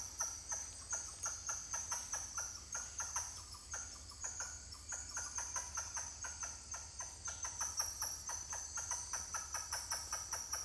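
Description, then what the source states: Titi monkeys give a long rhythmic chorus of short falling notes in pulsing phrases, over persistent high insect buzzing. More than one titi monkey calling.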